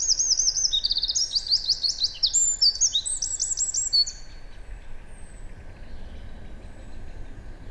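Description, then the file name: Eurasian wren song: a brisk, high, rattling outpouring of trilled phrases lasting about four seconds, then only a soft steady hiss. "Troglodytes troglodytes"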